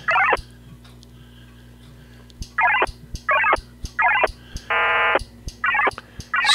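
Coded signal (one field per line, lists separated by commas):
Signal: HF data modem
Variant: VARA FM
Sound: short warbling data bursts trading back and forth, one longer dense buzzy burst, clicks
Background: low hum, relay clicks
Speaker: sending four messages three emails and the acknowledgment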